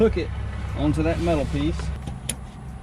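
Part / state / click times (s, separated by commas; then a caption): child car seat lower anchor clamp onto vehicle seat anchor bar / seated / 2.3 s. A child car seat's lower LATCH clamp is slid down and hooked onto the metal anchor bar at the base of the rear seat in a Silverado crew cab, while someone talks over a low background rumble. A single sharp click is heard at 2.3 seconds as the clamp seats on the anchor.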